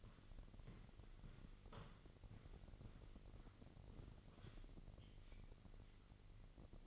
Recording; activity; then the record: daily activity, microphone in the room; walk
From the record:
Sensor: 4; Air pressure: 1002.5 hPa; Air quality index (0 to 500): 224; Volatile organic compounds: 13 ppm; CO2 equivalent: 2416 ppm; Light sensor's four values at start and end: 21/72/26/26 and 21/72/27/27